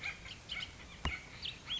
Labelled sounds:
Bullock's Oriole (Icterus bullockii)
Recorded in Sonoma County, California

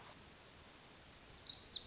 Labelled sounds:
Pacific Wren (Troglodytes pacificus)
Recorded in Sonoma County, California

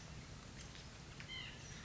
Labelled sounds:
White-breasted Nuthatch (Sitta carolinensis)
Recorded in Sonoma County, California

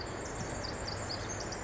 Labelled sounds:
Pacific Wren (Troglodytes pacificus)
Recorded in Sonoma County, California

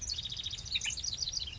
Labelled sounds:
Bewick's Wren (Thryomanes bewickii)
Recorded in Sonoma County, California

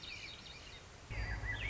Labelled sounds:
Swainson's Thrush (Catharus ustulatus)
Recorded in Sonoma County, California

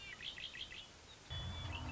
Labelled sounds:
Red-winged Blackbird (Agelaius phoeniceus)
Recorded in Sonoma County, California

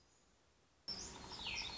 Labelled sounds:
Black-throated Gray Warbler (Setophaga nigrescens)
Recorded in Sonoma County, California

